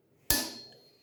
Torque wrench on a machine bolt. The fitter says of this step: serrage par contre he c'est un seul claque